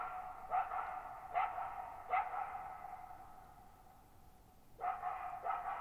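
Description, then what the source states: Coyote giving three short barks, a pause, then two more, with long echoing decay. Lone coyote at night, July 14, 2019, Thirtymile Meadows, Okanogan National Forest, Okanogan High Country, Pacific Northwest, 6400 ft (1950 m); shallow bowl-shaped meadow forming a natural amphitheater with very long reverberation.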